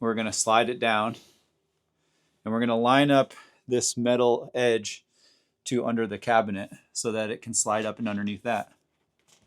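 Someone talks while a removable panel with a metal edge is slid down and lined up so it can slide up underneath a camper cabinet and onto a shelf. Nothing has seated or clicked into place yet.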